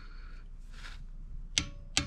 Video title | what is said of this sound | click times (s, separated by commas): Kawasaki Brute Force 750 Oil Change - Step By Step | that's it that seems really light but this is a beefy ratchet | 1.6 s, 2.0 s